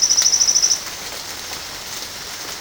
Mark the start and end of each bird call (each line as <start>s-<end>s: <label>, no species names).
0.00s-0.81s: bird call